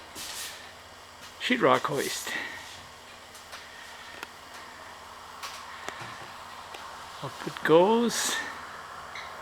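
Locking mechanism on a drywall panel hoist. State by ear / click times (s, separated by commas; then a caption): not seated / none. A 12-foot drywall sheet on a drywall panel hoist with a ceiling extension is being cranked up while someone talks. Faint ticks and short sharp transients at about 4.2 s and 5.9 s sound over a low steady hum, but the hoist's locking mechanism has not yet engaged and nothing has seated or clicked yet.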